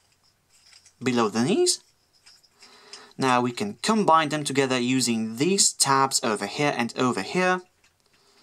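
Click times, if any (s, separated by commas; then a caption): none. Someone talks while handling the two plastic legs of a Transformers Robots In Disguise Warrior Thunderhoof transforming toy figure, lining up the tabs that join them together. Faint handling noises and a light tap near 2.9 s sit between the speech, with small soft ticks near 7.8 s and 8.0 s at the end. The tabs have not clicked or seated yet.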